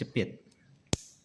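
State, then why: Seated. A plastic RJ45 connector is crimped onto a UTP network cable with a crimping tool while someone talks. A sharp, loud click comes at 0.9 s, signaling that the connector has locked onto the cable.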